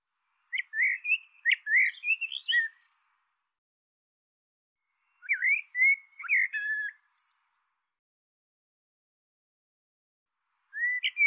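Bird: chattering whistled phrases from a bird, three bursts spaced several seconds apart, each a jumble of quick slurred notes.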